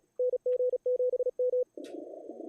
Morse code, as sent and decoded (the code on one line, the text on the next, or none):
-. --. --... --
NG7M